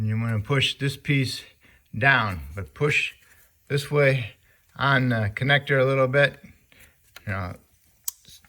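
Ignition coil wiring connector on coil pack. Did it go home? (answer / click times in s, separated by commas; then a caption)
released / 8.1 s. Someone talks while a screwdriver pushes the plastic locking tab of an ignition coil electrical connector on the coil pack of a 2014 Volkswagen Tiguan down and forward. A sharp click at 8.1 s marks the connector latch unlatching, releasing it.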